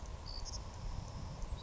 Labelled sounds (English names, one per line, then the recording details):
Savannah Sparrow
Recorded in Sonoma County, California